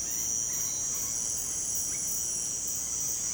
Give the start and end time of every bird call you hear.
[0.00, 1.24] Red-bellied Macaw (Orthopsittaca manilatus)
[1.79, 2.06] Russet-backed Oropendola (Psarocolius angustifrons)

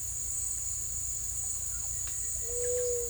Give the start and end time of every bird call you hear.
[2.40, 3.09] Gray-fronted Dove (Leptotila rufaxilla)

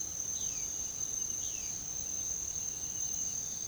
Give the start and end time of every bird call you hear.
[0.25, 0.74] Violaceous Jay (Cyanocorax violaceus)
[1.38, 1.85] Violaceous Jay (Cyanocorax violaceus)

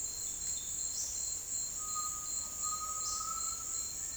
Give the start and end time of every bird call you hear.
[1.76, 3.96] Undulated Tinamou (Crypturellus undulatus)

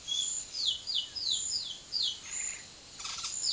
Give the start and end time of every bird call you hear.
[0.00, 3.52] Grey Seedeater (Sporophila intermedia)

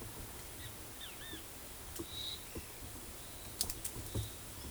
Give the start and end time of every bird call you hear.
[0.55, 1.39] Great Kiskadee (Pitangus sulphuratus)

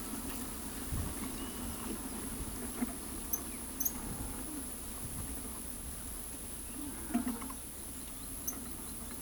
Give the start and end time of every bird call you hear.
[3.32, 3.89] Cattle Tyrant (Machetornis rixosa)
[8.47, 8.52] Cattle Tyrant (Machetornis rixosa)

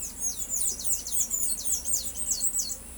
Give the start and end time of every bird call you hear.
[0.00, 2.79] Palm Tanager (Thraupis palmarum)

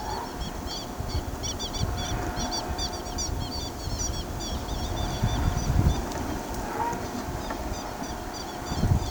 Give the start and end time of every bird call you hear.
[0.00, 6.01] Southern Lapwing (Vanellus chilensis)
[7.01, 9.11] Southern Lapwing (Vanellus chilensis)

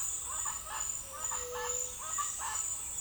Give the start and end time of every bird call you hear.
[0.00, 3.01] Chestnut-winged Chachalaca (Ortalis garrula)

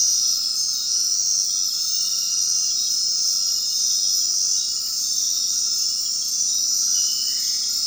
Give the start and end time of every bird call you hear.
[7.11, 7.82] Common Pauraque (Nyctidromus albicollis)

